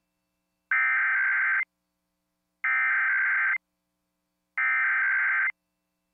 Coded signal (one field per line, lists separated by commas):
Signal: Emergency Alert System (SAME) tones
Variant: header bursts